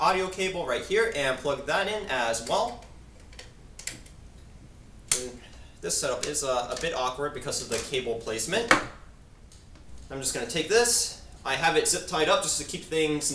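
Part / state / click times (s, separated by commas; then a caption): 3.5 mm to XLR cable plug into phantom power supply output jack / seated / 5.1 s. A 3.5 mm to XLR audio cable is plugged into the output jack of an InnoGear IG101/I229 48V phantom power supply while someone talks. A few soft taps come through a quiet pause, then the XLR connector clicks sharply into the jack at 5.1 s, seating it.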